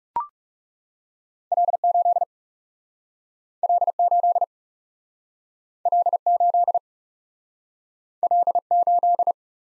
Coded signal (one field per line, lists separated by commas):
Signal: Morse code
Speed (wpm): 35 wpm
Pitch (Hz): 700 Hz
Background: none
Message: L8 L8 L8 L8